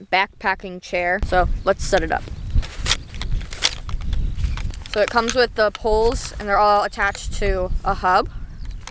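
Someone talks while handling the shock-corded aluminium pole sections of an REI Flex Lite Air ultralight backpacking chair, whose poles are all attached to plastic hubs, as setup of the frame begins. Short, sharp handling sounds come around 2.9 to 3.7 seconds and 4.6 to 4.9 seconds, with another at 8.9 seconds. Nothing has clicked into the hub yet.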